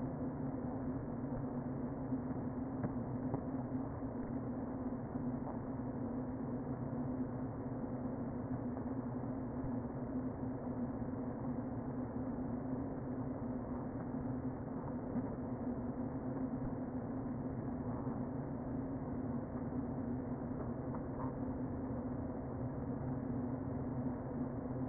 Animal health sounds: honeybee colony, microphone inside the hive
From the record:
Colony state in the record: queen present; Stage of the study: before two queens were removed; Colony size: about 60,000 bees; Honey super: yes

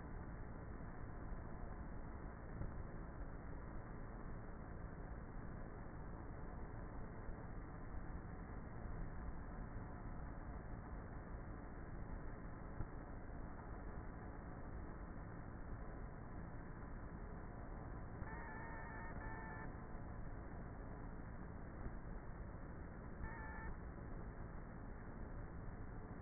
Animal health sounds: honeybee colony, microphone inside the hive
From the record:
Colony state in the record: queenless with a low population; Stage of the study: before two queens were removed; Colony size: about 30,000 bees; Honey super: no

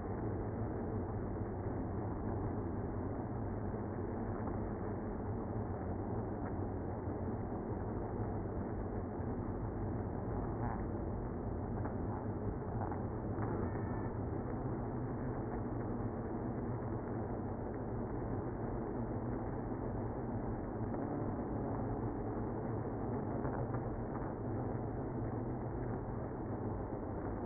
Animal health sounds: honeybee colony, microphone inside the hive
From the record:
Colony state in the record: queenless (queen removed); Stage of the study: after two queens were removed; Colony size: about 60,000 bees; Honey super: yes

